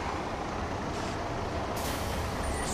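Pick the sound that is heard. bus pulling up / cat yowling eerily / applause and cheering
bus pulling up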